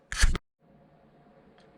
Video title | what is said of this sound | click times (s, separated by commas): Shucking of Seagate One Touch External Hard Drive to upgrade Q See DVR | uh I'll snap right in there just fine | 0.1 s, 0.4 s